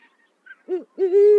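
Owl hooting: a faint short note, then a brief arched low hoot followed by a longer, steady, slightly rising hoot, with no other sounds.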